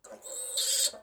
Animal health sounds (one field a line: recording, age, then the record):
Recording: pig call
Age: piglet (1 to 25 days)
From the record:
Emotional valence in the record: negative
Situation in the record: restrain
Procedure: back test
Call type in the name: high-frequency call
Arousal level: maximum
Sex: male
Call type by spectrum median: high-frequency call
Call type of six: high-frequency stable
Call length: 1.03 s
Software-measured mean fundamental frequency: 228 Hz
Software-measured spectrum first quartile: 3984 Hz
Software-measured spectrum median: 6508 Hz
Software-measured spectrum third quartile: 8210 Hz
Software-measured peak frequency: 7914 Hz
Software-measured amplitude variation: 164 dB a second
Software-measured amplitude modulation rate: 17.9 a second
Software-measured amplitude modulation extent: 9.2 dB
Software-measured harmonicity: 2.5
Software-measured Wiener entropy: -2.78